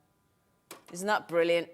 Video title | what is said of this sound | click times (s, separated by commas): HM Live 17/11/22 am | you just fold that into position oops today lock that locks in at the front there you go | 0.7 s